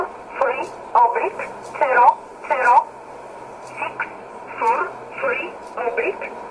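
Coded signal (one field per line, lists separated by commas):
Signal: numbers station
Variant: E11 Oblique, English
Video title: 12 06 2017 Numbers station E11 Oblique in English to Eu 0530 on 7600 in USB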